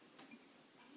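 The steel Abus 65CS/50 padlock's shackle, which was in the open position, is pushed back into the lock body. After a faint handling rustle at about 0.2 s, a sharp metallic click comes at 0.3 s, followed by a softer tick at 0.4 s. The shackle snaps locked.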